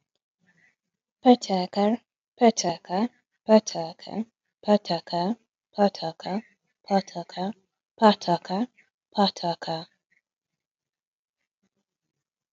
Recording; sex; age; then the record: repeated syllables /pa ta ka/; female; 20 to 29 years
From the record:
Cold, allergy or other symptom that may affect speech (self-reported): no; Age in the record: 26 years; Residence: Florida, United States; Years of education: 20